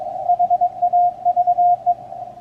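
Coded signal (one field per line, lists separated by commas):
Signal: Morse code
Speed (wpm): 22 wpm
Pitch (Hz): 710 Hz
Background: none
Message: HAVE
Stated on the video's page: Station heard is a Kenwood TS-890 or Icom IC-7610 transceiver receiving CW.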